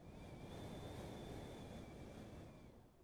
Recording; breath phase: one breath near a microphone; exhalation